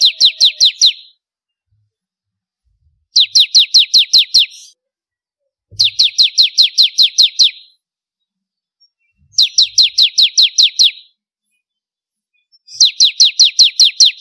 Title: Kicau Ciblek Kristal